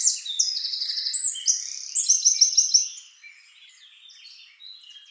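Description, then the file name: Eurasian wren pouring out rapid, high, tinkling trills and quick chattering notes for about three seconds, then only faint twitters. "Troglodytes troglodytes"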